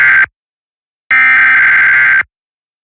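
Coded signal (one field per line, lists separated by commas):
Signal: Emergency Alert System (SAME) tones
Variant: header bursts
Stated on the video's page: Weekly test tones, a recreation credited to another producer's station products.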